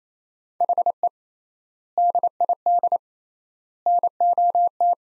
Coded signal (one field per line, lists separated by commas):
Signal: Morse code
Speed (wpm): 28 wpm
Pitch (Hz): 700 Hz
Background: none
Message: HE DID NOT